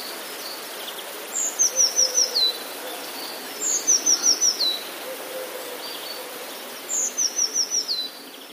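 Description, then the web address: Eurasian blue tit song phrases repeated three times, roughly every three seconds: a high introductory note leading into a rapid trill of descending notes. "modraszkoteka"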